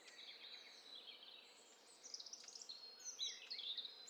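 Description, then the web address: Birds calling: soft high chirps at first, then denser overlapping chirps and short trills in the second half. Mixture of several birds in a stereo bird cocktail party challenge test set. "Hi Fi STEREO BIRD COCKTAIL PARTY Challenge SBCP TESTSET HDBird Cocktail Party-046"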